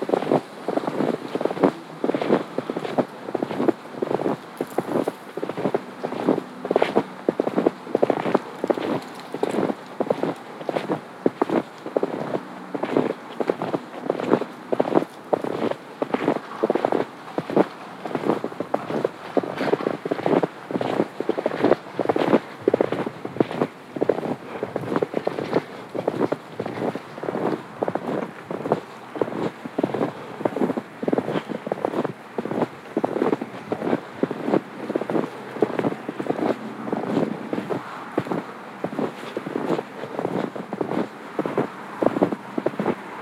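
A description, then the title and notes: Footsteps crunch through snow in a quick, steady rhythm for the whole walk, each step crisp. Behind them, a soft, continuous rumble of freeway traffic carries, never rising above the crunching. A Hike With Cars and Crunching Snow (North End Park Loop). Listen as cars pass on the nearby freeway and snow crunches underfoot along a looping trail.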